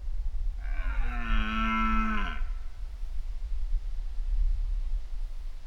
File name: Roaring Deer Mating Season In Poland September